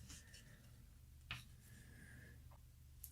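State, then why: Not seated. On a second attempt to press an HDzero FPV goggle optics module home into the goggle housing, a few small taps are heard, the sharpest near 1.3 s and another near 3.0 s, over a low steady hum. The optics assembly has not seated or clicked into place.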